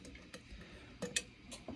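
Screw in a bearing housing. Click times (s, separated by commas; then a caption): 1.2 s. A screw in a bearing housing is worked during a bearing swap on a KR 6.5, with faint ticking and light scraping through the clip. A sharp metallic hit at 1.2 s is the likely slip as the screw strips out.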